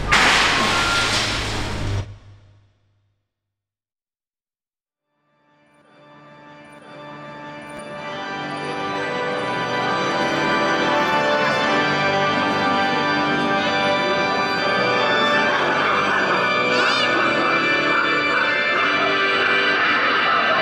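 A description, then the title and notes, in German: A short burst of dense outdoor noise cuts off after two seconds, leaving silence until about five seconds in. Then a large organ swells slowly into a loud, sustained chord of layered low and bright tones, holding steady and full through the end. Soundscape der "Heldenorgel" in Kufstein.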